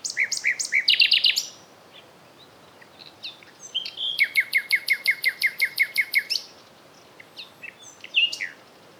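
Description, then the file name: Common nightingale song: a rapid stuttering trill, then a long run of evenly repeated loud notes, ending in a short whistled flourish. "Luscinia megarhynchos"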